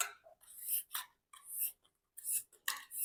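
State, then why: Seated. A round mop pad is put into its plastic mop head holder and twisted, producing bursts of rubbing and scraping. A sharp click at 2.7 s shows it has locked into place. No one talks during the clip.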